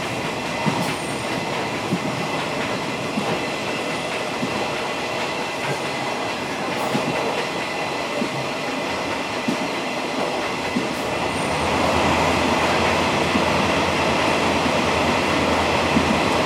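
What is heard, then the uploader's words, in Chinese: Inside a rumbling passenger train on a coastal line, steady wheel and track noise fills the carriage, growing louder and deeper after twelve seconds. 鐵道、普快車、藍皮解憂號、隧道、南迴線。設備：Tascam DR-40x。搭乘藍皮解憂號由台東車站回枋寮車站，路途經過南迴線。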